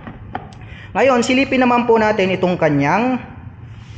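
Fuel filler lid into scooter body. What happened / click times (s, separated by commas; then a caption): The fuel filler lid snapped shut / 0.3 s. The fuel filler lid on a 2024 QJ Motor ATR 160 Version 2 adventure scooter is closed into the scooter body, giving a short, sharp snap at 0.4 s as it seats shut. Someone then talks from about 1.0 s to 3.2 s.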